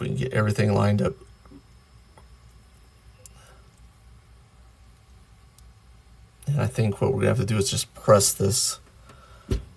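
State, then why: Not seated. A plastic part is handled and lined up on a snap-together Spider-Man Galaxy 05 figure kit, ready to be pressed into place. Someone talks at the start and again near the end, with a few faint handling ticks in the quiet stretch between. Nothing has seated or clicked yet.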